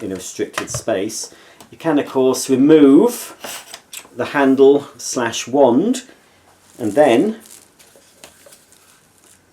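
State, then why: Seated. Someone talks while removing the plastic handle/wand from a Hoover Velocity upright vacuum cleaner, then clips it onto the end of the hose. A sharp click at 8.2 s marks it seating, followed by a few quieter taps.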